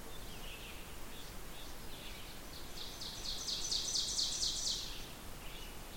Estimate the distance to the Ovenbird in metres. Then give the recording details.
about 40 m. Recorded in boreal forest in Alberta, Canada, on 16 June 2016 at 08:33. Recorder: SongMeter 3, array SBT-3-32. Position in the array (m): 166 m, 31 m. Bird 36